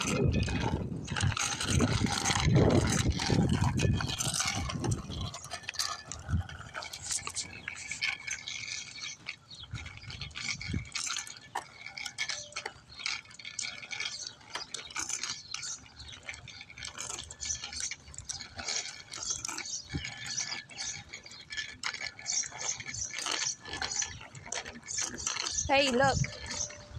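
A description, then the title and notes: A car rumbles past in the first five seconds, then a bike rolls on with a steady gritty hiss and light rattling against the pavement. Faint voices come and go, and a short squeaky whine rises near the end. I took my son to ride his bike. Listen to cars driving by, a bike against the pavement and talking.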